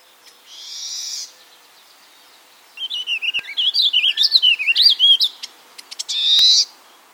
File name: Warbling Vireo